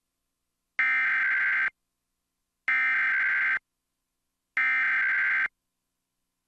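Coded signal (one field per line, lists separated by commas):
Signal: Emergency Alert System (SAME) tones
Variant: header bursts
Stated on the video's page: Tornado Warning EAS alert on Comcast cable, personally recorded.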